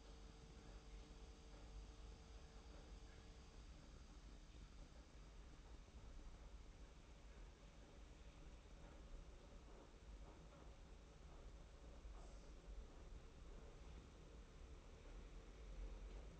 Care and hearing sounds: daily activity, microphone in the room; make coffee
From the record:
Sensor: 1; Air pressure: 991.7 hPa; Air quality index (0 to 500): 169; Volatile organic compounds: 1000 ppm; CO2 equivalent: 6359 ppm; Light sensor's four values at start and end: 32/108/42/43 and 32/109/42/43

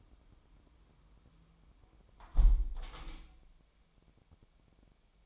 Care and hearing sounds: daily activity, microphone in the room; close window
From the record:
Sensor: 1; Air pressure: 1006.4 hPa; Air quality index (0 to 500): 206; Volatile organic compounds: 23 ppm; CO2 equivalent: 2772 ppm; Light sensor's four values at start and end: 12/30/12/13 and 11/29/11/13

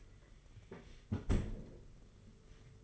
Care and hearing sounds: daily activity, microphone in the room; close fridge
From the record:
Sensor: 4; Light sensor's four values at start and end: 19/62/23/23 and 19/64/23/24

